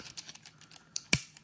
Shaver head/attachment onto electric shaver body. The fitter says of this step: защелкивается так надо